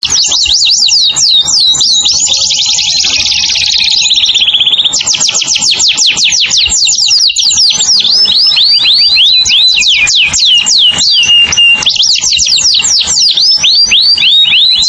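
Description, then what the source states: Canary song of rapid high trills: quick sweeping notes, a buzzy rolling passage, then long runs of fast looping and downslurred notes, unbroken for the whole stretch. Lure call for bird-trapping.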